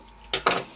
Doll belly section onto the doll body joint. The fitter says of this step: button section pumped on there you can hear a nice satisfying snap back